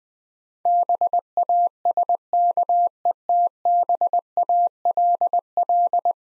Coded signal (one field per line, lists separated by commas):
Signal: Morse code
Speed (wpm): 20 wpm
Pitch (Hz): 700 Hz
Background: none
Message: BASKETBALL